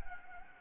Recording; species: mosquito wingbeat signal from an infrared sensor; Anopheles gambiae